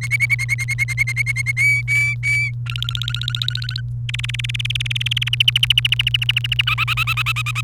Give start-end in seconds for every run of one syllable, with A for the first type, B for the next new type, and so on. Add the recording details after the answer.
0.01-1.52 A, 1.57-2.51 B, 2.66-3.81 C, 4.09-5.29 D, 5.33-6.62 E, 6.67-7.61 F. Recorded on 28 April 2018 at 16:04. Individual llb3